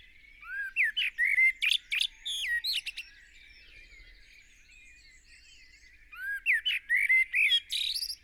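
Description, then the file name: Eurasian blackbird singing two phrases of flute-like rising and falling whistles ending in high, scratchy twittering, with a quiet gap of about three seconds between them. "Turdus merula"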